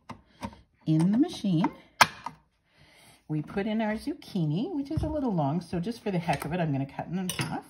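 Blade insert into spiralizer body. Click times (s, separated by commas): 0.1 s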